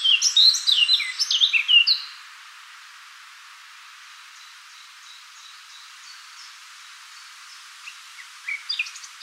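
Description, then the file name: Eurasian blackcap song, a short energetic warble of jumbled chirps lasting about two seconds, followed by quiet with faint notes and a brief flourish at the end. "Sylvia atricapilla"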